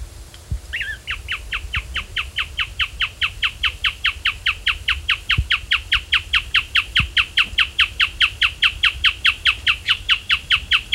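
Bird calls, a long run of sharp downslurred notes repeated a little over twice a second, steady and even, with a faint low rumble beneath.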